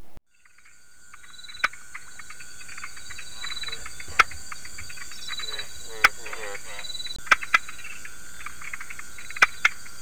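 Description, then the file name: Savanna tree frog calls: brief dry clicks at irregular intervals, set against continuous high insect trilling that fades in after a short quiet start. "Leptopelis viridis"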